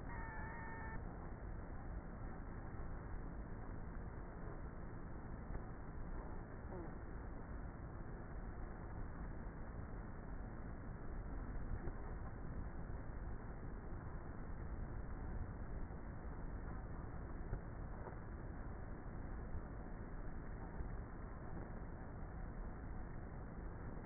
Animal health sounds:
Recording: honeybee colony, microphone inside the hive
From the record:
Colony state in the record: queenless with a low population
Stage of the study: before two queens were removed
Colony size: about 30,000 bees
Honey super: no

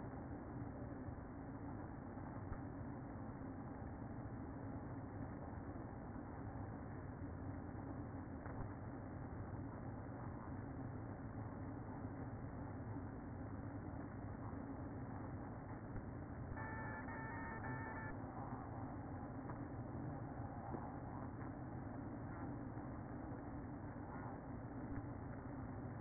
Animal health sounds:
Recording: honeybee colony, microphone inside the hive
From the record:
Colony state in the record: queen present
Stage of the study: after two queens were removed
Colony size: about 60,000 bees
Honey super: yes

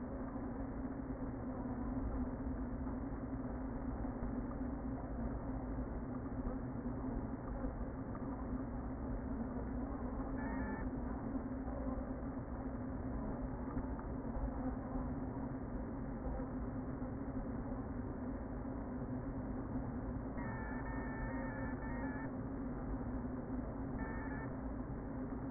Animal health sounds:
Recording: honeybee colony, microphone inside the hive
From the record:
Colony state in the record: queen present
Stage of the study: before two queens were removed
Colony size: about 60,000 bees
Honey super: yes

